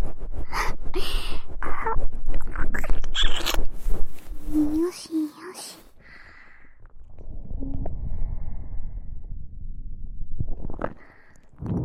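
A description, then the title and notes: Fast, close ear-eating mouth sounds: dense wet clicks, smacks and crackles crowd the first six seconds, with a few bright squeaky notes near the five-second mark. After that the sounds thin out over a soft low rumble, and a short burst of clicks returns near the end. ASMR Cute & Fast Ear Eating.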